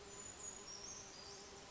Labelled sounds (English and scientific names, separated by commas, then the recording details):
Brown Creeper (Certhia americana)
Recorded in Sonoma County, California